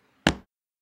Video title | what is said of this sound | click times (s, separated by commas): Fast Tech TPU case for the Nexus 4 | on its own once you put it in with that very satisfying snap sound | 0.3 s